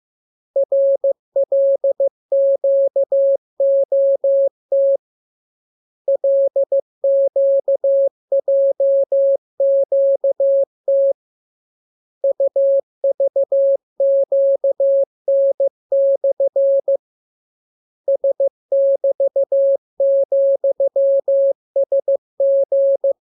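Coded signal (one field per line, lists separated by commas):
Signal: Morse code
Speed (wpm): 15 wpm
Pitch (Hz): 550 Hz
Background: none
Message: RLQOT LQJQT UVQN/ S<BT>,SG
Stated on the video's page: Morse lesson 26 on letters, numbers and punctuation, with each radiogram opened by VVV and a section sign and closed by AR.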